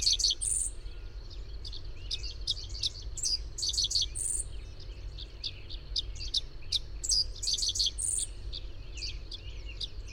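Bird twittering with quick high chirps and buzzy notes in clusters, continuing throughout above a constant low-pitched hum.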